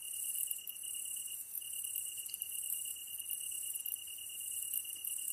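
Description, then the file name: Tree cricket song, a steady high trill, accompanied by a constant bright chorus of other insects. Kantan recorded together with ezotsuyumushi on 15 August 2010 at 22:39, with a DH-D50. "kantan ezotuyumusi 20100815-2239"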